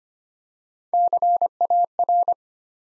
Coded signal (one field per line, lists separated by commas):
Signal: Morse code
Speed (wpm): 25 wpm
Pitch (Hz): 700 Hz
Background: none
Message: CAR